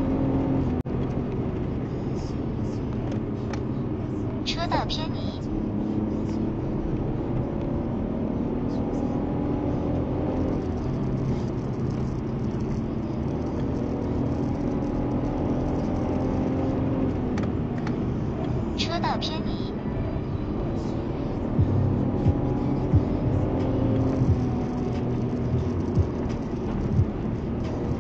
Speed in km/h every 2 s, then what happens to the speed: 88, 80, 74, 80, 95, 91, 84, 91, 93, 79, 87, 96, 92, 84.
0-5 slows to 74. 5-8 speeds up to 95. 8-11 brakes to 84. 16-18 brakes to 79. 18-22 speeds up to 96. 22-25 brakes to 84.